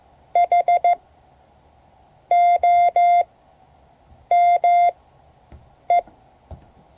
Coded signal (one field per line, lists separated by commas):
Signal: Morse code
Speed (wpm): 14 wpm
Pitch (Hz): 690 Hz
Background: none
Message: HOME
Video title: Morse code class 2024-07-25 (3 of 12)